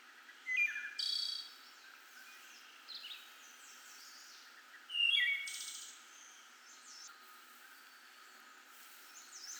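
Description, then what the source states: Wood thrush song: a few fluted phrases separated by quiet pauses. Eleven wood thrush songs.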